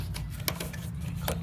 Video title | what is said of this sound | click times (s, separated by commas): 1998 Chevy 1500 fuel pump part 2 | monitors the amount of pressure in the fuel tank click | 0.5 s